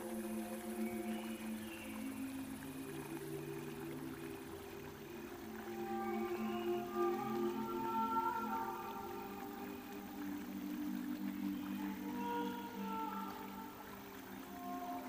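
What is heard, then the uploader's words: An elven village ambience with soft, sustained humming and singing: long, gliding tones layered low and mid, swelling toward the middle and again near the end. A steady hiss of flowing water runs underneath throughout, with airy, sparkling texture up high. Water fall. Elven village ambience |soft humming&singing. Reading poem. Water flow.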